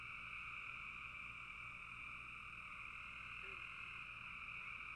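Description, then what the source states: Frogs in chorus, a dense continuous trilling drone in two steady pitch bands, unbroken for the whole five seconds. Several frogs calling in a bog.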